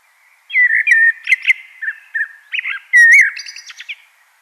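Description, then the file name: Common blackbird song, a run of low fluted warbling notes with several squeaky high twitters, lasting about three and a half seconds. "Turdus merula"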